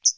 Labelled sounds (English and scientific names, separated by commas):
Hooded Warbler (Setophaga citrina) flight call